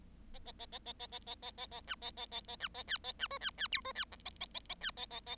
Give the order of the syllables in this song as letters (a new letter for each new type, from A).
A A A A A A A A A A A B A A A A B A C A B D C C E D C F A A A A C A A A